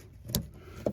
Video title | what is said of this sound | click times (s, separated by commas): Toyota Rav4 2019+ front and rear speakers upgrade. Infinity reference 6532 | click. Very good. | 0.4 s